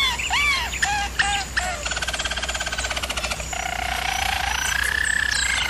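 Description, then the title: German Roller canary giving several swooping chirps, then a rapid rattling trill, then a smooth low roll drifting slightly upward. German Roller canary singing, used for training canaries. "German Roller Canary Singing - Canary Training Vid"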